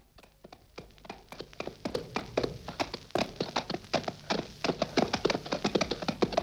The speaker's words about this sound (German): Sei mir nicht böse, braver brauner Gaul. Wir reiten hier nicht zum Schein